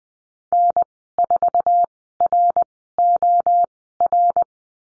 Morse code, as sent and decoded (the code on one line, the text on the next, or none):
-. ....- .-. --- .-.
N4ROR